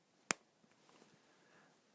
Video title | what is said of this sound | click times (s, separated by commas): CHANEL CHANCE CRAYON PENCIL PERFUMES UNBOXING | it close to the mic I hope you've heard the click you gotta click it close | 0.3 s